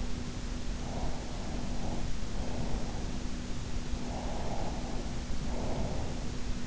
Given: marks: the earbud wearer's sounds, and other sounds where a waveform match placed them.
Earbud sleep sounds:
sounds in sleep by an in-ear microphone; breath
0.87-3.10 s: breath
4.04-6.29 s: breath

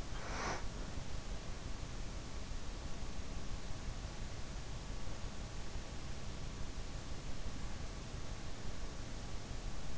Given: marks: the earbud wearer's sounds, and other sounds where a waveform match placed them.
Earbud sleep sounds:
sounds in sleep by an in-ear microphone; breath
0.00-0.91 s: breath

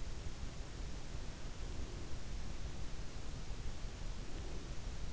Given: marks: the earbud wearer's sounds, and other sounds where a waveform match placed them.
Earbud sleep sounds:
sounds in sleep by an in-ear microphone; breath
1.47-2.22 s: breath
3.84-4.70 s: breath

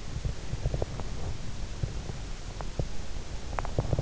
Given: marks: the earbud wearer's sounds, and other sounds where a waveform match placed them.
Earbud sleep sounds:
sounds in sleep by an in-ear microphone; breath, teeth grinding
0.00-1.23 s: breath
2.40-4.02 s: teeth grinding

